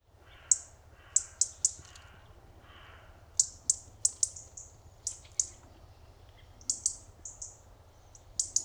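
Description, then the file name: European robin giving very high, thin, sharp call notes, singly and in quick clusters, over a steady low background hum. "Erithacus rubecula"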